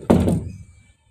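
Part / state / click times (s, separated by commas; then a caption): wooden door latch into its frame / not seated / none. A wooden door in a fiber-cement (hardiflex) frame is pushed shut, giving a single loud thunk at 0.1 s that fades over about half a second. The door has shifted, so the latch fails to catch and the door will not close or lock, making the attempt useless because it cannot be shut. Nothing has seated or clicked yet.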